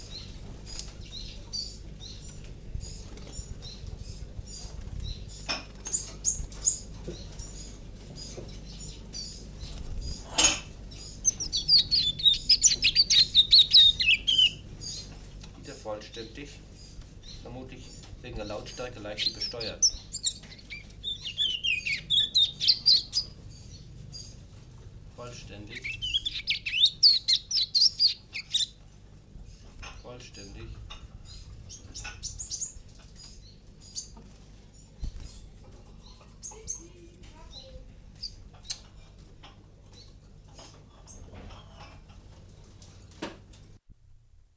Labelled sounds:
Willow Warbler
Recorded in captivity
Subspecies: trochilus
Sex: group
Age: juvenile
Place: Zoologisches Institut Universität Tübingen, Baden-Württemberg, DE
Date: 1964-06-07 10:35
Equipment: Nagra III PH, dynamisches Mikrophon, LGS26
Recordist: Schneider, Hans-Joachim

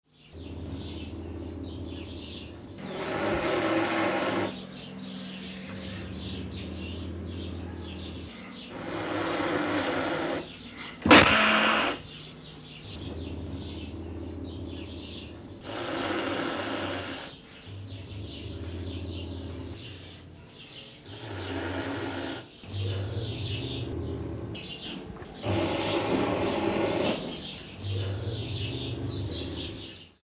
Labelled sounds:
Pallas' Cat
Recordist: Tembrock, Günter
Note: Männchen: Fauchen und Stoßlaute

